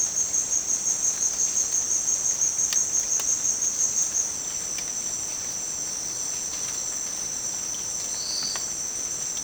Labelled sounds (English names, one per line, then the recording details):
none
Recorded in dense forest near Puerto Asís, Putumayo, Colombia, on 27 June 2025 at 17:00
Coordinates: 0.484, -76.317
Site G045